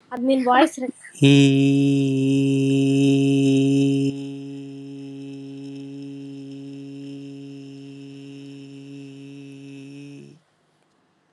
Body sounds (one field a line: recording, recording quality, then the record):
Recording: sustained vowel as in beet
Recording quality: excellent, no background noise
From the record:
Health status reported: healthy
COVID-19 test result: not tested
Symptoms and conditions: none ticked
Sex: male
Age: 42 years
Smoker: not ticked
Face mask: not worn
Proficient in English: yes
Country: India